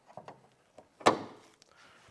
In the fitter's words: snap into place oh jeez